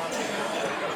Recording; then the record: coughing mixed with background sound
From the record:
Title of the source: Spring Cold Coughing.